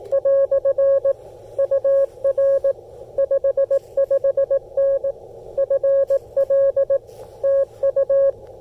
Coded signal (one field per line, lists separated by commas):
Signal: Morse code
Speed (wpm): 18 wpm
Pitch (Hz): 590 Hz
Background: none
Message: " UR 55N FL TU